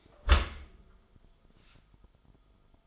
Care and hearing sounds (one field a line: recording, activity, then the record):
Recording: daily activity, microphone in the room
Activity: close dishwasher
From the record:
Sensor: 5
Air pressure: 1004.8 hPa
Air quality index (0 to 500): 95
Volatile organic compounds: 2 ppm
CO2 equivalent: 1147 ppm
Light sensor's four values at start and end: 33/75/30/30 and 33/77/31/31